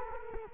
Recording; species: mosquito wingbeat signal from an infrared sensor; Culex quinquefasciatus